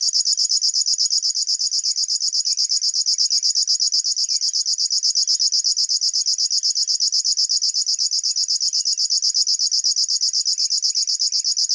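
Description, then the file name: River warbler song: a continuous, high-pitched, insect-like ticking buzz of rapid regular pulses, with faint scattered chirps from other birds in the background. "Schlagschwirl - Locustella fluviatilis"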